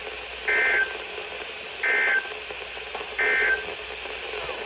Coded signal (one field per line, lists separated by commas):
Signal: Emergency Alert System (SAME) tones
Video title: RNK PULLS A 5/22/22 STERLING (Alerts from 7/13/23) (EAS #737 - 750)